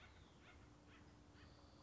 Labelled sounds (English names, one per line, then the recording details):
Acorn Woodpecker
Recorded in Sonoma County, California